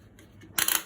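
A filler cap is turned onto the tank of an Ariens snowblower engine. Its ratchet gives sharp clicks at 0.6, 0.7 and 0.8 seconds. The cap is confirmed locked.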